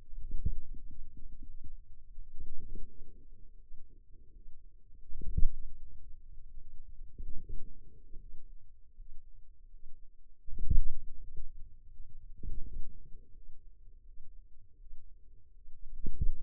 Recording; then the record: forearm muscle sounds (acoustic myography)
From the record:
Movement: wrist flexion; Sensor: system 2, bracelet of six BSWA MPA416 microphones around the upper forearm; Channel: 2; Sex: female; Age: 23 years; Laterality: right